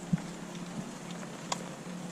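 The spark plug cap (ignition coil boot) is pushed by hand back onto a hand-tightened spark plug on a Yamaha F115 outboard motor during 100-hour maintenance. Over a steady low hum and a soft thump near the start, one short, sharp click sounds at 1.5 s. The cap is confirmed clicked in and seated.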